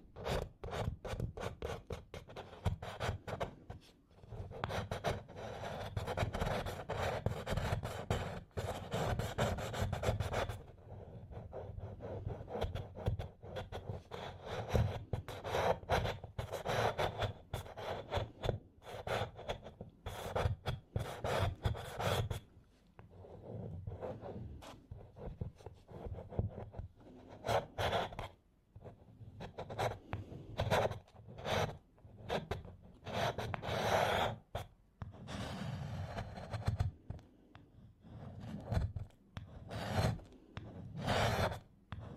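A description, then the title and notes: Candle wax is scraped off in quick, dense rasping strokes, gritty, with brief pauses near ten, twenty-two and thirty-six seconds. Scraping Off Candle Wax Satisfying Scratching Sounds for Study and Relaxation (NO TALKING).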